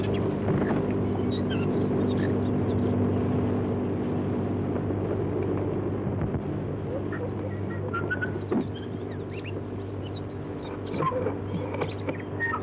Chatham Island tūī song.